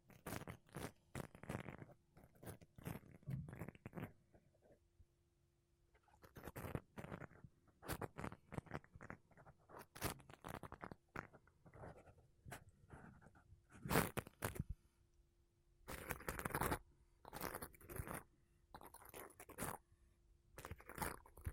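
Makeup brushes and a sponge rub across a microphone in quick scratchy strokes, coming in clustered bursts with short quiet pauses near five and thirteen seconds. A few strokes near the end are sharper and brighter. A faint steady hum runs underneath throughout.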